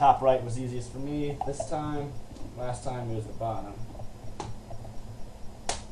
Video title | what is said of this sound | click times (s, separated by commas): Laptop screen replacement / How to replace laptop screen Toshiba Satellite A505-S6005 | Should hear it unsnapping. | 4.4 s, 5.7 s